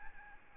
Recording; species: mosquito wingbeat signal from an infrared sensor; Aedes albopictus